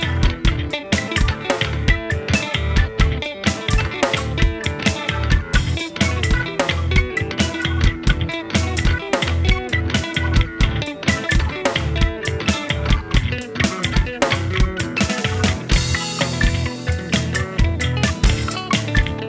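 Funk playing with finger tapping, a dense, steady groove of quick, regular percussive hits running the whole length. A deep bass line sits under bright, crisp attacks, and the loudness holds nearly level throughout, pulsing evenly with the beat.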